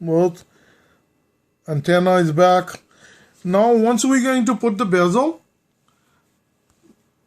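A plastic bezel is positioned and lined up on a Galaxy S4 smartphone housing before its clips are pressed home. Someone talks for most of the clip, then only faint, brief handling ticks are heard around 5.9 s and 6.7 s. Nothing has snapped or seated yet.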